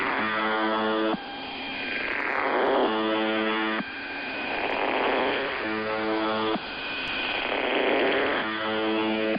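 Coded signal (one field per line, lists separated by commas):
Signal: channel marker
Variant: UVB-76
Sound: repeated harsh low buzzes about every three seconds, separated by hissing static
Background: radio static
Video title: [Old Recording] The Buzzer/UVB-76 Weird Sound Transmission 01/07/2023 16:11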